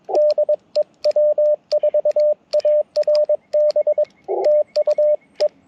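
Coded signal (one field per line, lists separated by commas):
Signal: Morse code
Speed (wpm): 22 wpm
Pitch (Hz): 600 Hz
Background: radio noise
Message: DE W4ARB TU E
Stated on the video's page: QRP CW Parks on the Air activation using an Icom IC-705 with a Gabil GRA-7350T antenna and BaMaKeY TP-III paddles.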